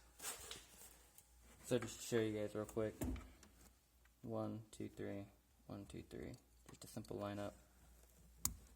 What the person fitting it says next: Push until it snaps all the way in. Then you're good.